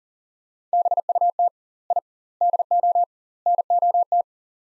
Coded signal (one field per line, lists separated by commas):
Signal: Morse code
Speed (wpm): 40 wpm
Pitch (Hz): 700 Hz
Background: none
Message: BUT I DO NOT